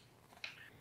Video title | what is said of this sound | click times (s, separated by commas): Peak Design Travel Tripod + Accessories Setup + Tips | the anchors to the strap get a satisfying little click | 0.4 s